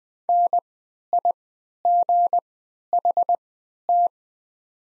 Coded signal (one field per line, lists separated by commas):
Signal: Morse code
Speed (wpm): 20 wpm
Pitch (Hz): 700 Hz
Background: none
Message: NIGHT